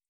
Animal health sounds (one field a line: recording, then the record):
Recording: hydrophone in a shrimp aquaculture tank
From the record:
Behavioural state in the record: feeding